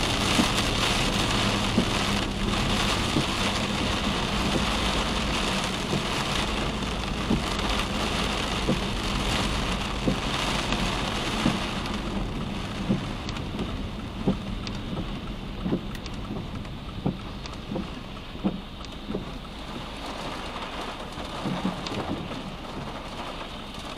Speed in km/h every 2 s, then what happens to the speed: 71, 61, 53, 50, 48, 43, 34, 22, 14, 0, 0, 0.
1-18 brakes to 0. 18-24 standing.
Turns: none.